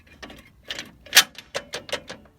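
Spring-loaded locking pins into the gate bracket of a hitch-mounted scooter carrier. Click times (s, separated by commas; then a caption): 1.2 s. The hinged aluminum gate of a Tilt-a-Rack premium aluminum scooter and wheelchair hitch-mounted carrier is raised and wiggled, making a series of short rattling clicks. The loudest, sharpest snap at 1.2 s is the spring-loaded locking pins seating into their holes in the gate bracket, followed by a few lighter clicks as the gate settles.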